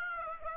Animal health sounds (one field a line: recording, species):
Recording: mosquito wingbeat signal from an infrared sensor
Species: Aedes aegypti